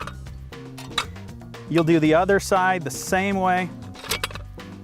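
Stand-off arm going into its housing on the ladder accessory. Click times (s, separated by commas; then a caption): 1.0 s. A wall stand-off arm for a ladder accessory is slid into its metal housing, and its spring-loaded button pops into place with a sharp metallic click at 1.0 s, seating the arm. Soft handling clicks come before it, and a few more clinks follow near the end over steady background music while someone talks.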